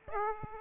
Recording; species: mosquito wingbeat signal from an infrared sensor; Aedes aegypti